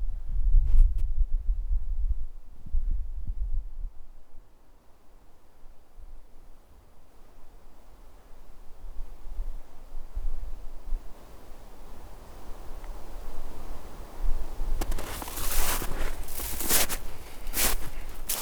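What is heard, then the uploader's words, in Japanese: Footsteps in snow in the Fuji sea-of-trees forest. A few dull low thumps open the first two seconds, then a long quiet stretch of faint hiss follows. From about fifteen seconds, sharp, bright crunching steps return in quick bursts until the end. 雪を踏む音/樹海の秘境の富士山。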